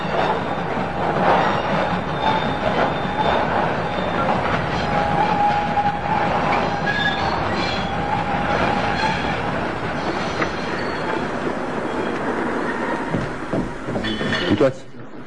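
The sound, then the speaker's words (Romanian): A train rumbles into a station in Devon, wheels clattering over the rails with thin metallic squeals and whines riding above the dense, continuous roar before it abruptly drops off at the end. “Asta trebuie să fie trenul.”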